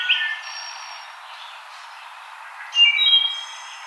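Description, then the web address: Wood thrush song, the end of one phrase at the start and a higher, bright phrase a few seconds later. Recorded 5 May 2007. "Wood Thrush 2007 05 05"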